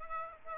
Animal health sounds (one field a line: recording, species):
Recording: mosquito wingbeat signal from an infrared sensor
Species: Aedes aegypti